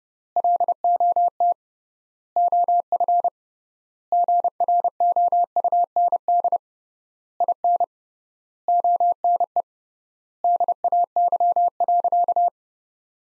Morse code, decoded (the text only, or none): LOT OF GROUND IN ONE DAY.